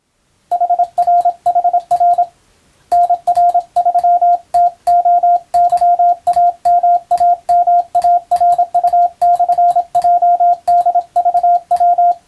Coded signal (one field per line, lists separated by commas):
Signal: Morse code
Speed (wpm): 26 wpm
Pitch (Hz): 700 Hz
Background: radio noise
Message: HR HR NR3 TOYAMAMARU/JDVW